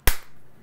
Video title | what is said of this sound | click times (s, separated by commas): A Look Inside an Ikea Dimmable GU10 Lamp | And then this gets snapped into place, and so I can see the LEDs are now behind there. | 0.1 s